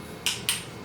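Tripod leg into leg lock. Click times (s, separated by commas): 0.3 s, 0.5 s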